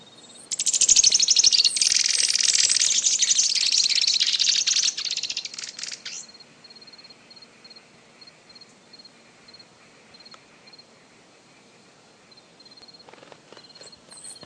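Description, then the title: Bird song: an intense, fast stream of very high rattling trills for about five seconds, then fading to faint sparse chirps and a thin whistle. "LuckyPassaro"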